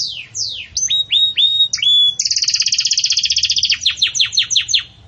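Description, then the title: Canary singing: sweeping whistled notes and flat tones lead into a fast buzzing trill, followed by a string of repeated downward chirps. Bell-like ('campainha') song of the Belgian canary, for teaching young chicks. "Belíssimo Canto Do Canário Belga Campainha Para Encarte De Filhotes"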